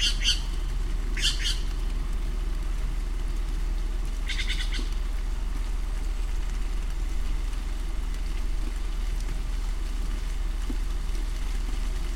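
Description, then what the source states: Steller's jay with two short rasping calls at the start and a brief harsh burst a few seconds later, then only a steady low rumble. Recorded on 30 September 2008.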